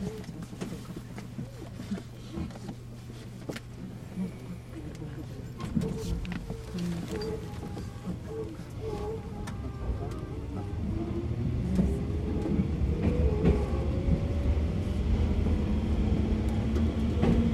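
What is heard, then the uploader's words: Inside a commuter train, a low rumbling hum builds as it accelerates, with a rising motor whine, wheel clatter, and faint voices. 鶴見線（クモハ204-1109） 鶴見-国道. The Tsurumi Line of JR East, which runs through the industrial area of Tokyo, is a line for people who commute to factories. ZOOM H2. Tsurumi Line (Kumoha 204-1109) From Tsurumi to Kokudo.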